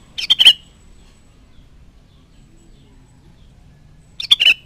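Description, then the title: Sooty-headed bulbul repeating a quick chattering, bubbling phrase twice, about four seconds apart, against a quiet background. "Kutilang"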